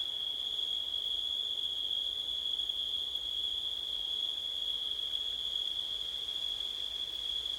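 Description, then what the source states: A constant shrill cricket trill runs without pause at a single high pitch, with faint background noise. Recorded at night in September, with wind.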